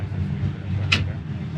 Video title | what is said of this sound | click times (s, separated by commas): JEEP JL GOT WRECKED 1 Day Before Silver Lake Jeep Invasion 2021 - We Take The CAN-AM X3 Turbo RR | It locks in a couple places. | 0.9 s